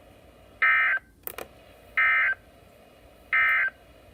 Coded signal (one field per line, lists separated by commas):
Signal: Emergency Alert System (SAME) tones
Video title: Early Alerts of mine (EAS #11-20)